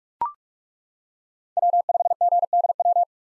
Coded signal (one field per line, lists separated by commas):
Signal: Morse code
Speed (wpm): 42 wpm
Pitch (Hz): 700 Hz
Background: none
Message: W5GDW